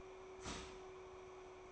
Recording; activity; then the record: daily activity, microphone in the room; start toaster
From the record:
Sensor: 1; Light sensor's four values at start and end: 5/13/4/5 and 4/13/4/5